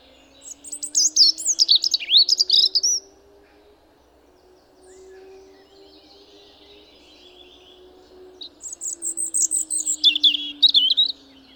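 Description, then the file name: European robin song: two high, tinkling phrases of thin whistles and rapid trills, separated by a pause of about five seconds, over a low steady hum. "Erithacus rubecula"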